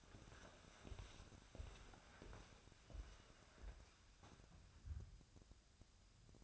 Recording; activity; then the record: daily activity, microphone in the room; walk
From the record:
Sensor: 2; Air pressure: 1015.2 hPa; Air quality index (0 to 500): 122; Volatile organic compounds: 4 ppm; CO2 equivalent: 1566 ppm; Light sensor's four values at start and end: 9/27/10/11 and 11/30/11/13